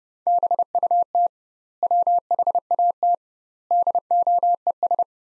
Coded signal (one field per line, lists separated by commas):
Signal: Morse code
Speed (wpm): 32 wpm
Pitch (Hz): 700 Hz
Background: none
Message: BUT WHAT DOES